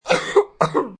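Two deep, throaty chest cough bursts within one second, acted by an adult.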